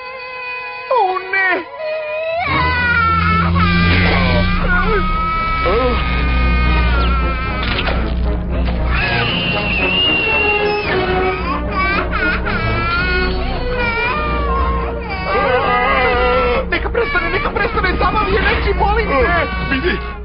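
A young child wails and sobs in a dubbed version of Monsters, Inc., in long, wavering high-pitched cries that go on almost without pause, set against a loud, busy wash of murmuring voices and a low, steady rumble.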